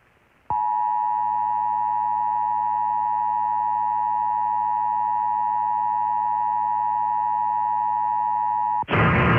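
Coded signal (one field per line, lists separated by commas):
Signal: Emergency Alert System (SAME) tones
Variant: 853 and 960 Hz attention tone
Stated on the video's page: National Periodic Test relayed strictly by broadcast TV and AM radio stations, not mobile devices.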